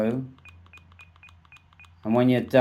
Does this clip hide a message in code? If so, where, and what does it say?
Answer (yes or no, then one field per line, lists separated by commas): no